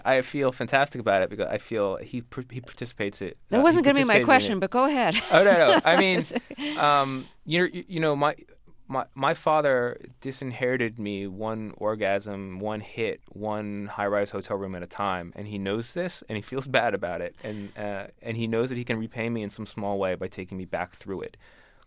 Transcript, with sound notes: I feel fantastic about it, because I feel he participates in it.
That wasn't going to be my question, but go ahead.
(LAUGHTER)
Oh, no, no. I mean, you know, my father disinherited me one orgasm, one hit, one high-rise hotel room at a time. And he knows this, and he feels bad about it. And he knows that he can repay me in some small way by taking me back through it,